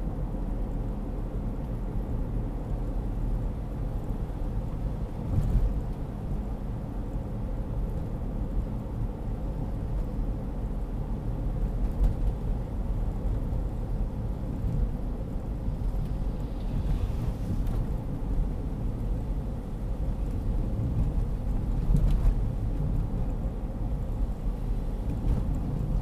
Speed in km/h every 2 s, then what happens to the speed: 57, 58, 57, 56, 56, 56, 55, 54, 56, 55, 55, 55, 55.
0-26 steady at about 56.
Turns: none.